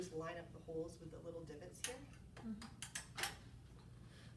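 Someone talks while handling a wheelchair's front rigging (footrest hanger), lining up its holes with the small divots on the frame mount to put it back on. A few short metallic knocks and taps are heard. Nothing has seated or clicked into place yet.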